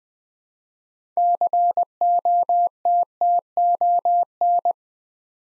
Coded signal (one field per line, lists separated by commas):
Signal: Morse code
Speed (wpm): 20 wpm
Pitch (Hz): 700 Hz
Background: none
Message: COTTON